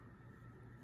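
A plastic part is being placed over the battery and stem inside a Miyota 2035 watch case during a battery change, with only a steady low hum and faint handling noise heard. Nothing has seated or clicked yet; the part has not snapped in by the end of the clip.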